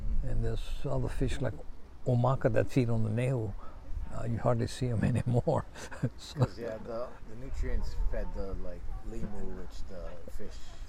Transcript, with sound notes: Then, there’s other fish, like ʻōmaka that feed on the nehu. You hardly see ’em anymore. *laughs*
That’s cuz, yeah. The nutrients fed the, like, the limu, which the fish